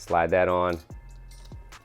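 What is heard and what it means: Someone talks while the plastic connector on the brown right-side light wire of a chopped fender and saddlebag kit for a bagger is slid onto its mating connector in the lighting harness, with faint handling ticks around 1.3, 1.5 and 1.7 seconds. The connector has not seated or clicked in yet.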